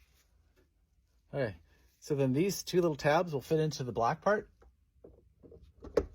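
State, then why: Seated. Someone talks, then the two small tabs of a sun visor clip on a Volkswagen MK5/MK6 are pressed into the black plastic mounting piece in the headliner, with faint handling sounds before a sharp click at 6.0 s. The clip seats and holds itself in place.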